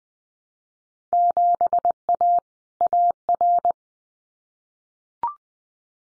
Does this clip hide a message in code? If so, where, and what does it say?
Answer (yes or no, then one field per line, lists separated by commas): yes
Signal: Morse code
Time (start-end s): 1.1-3.7 s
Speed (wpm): 20 wpm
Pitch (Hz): 700 Hz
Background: none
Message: 7A AR